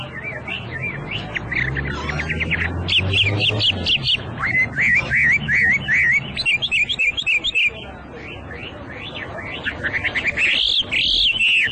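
Hwamei song, a long rich stream of whistled phrases: quick repeated slurred notes, trills and sweeping notes running almost without pause.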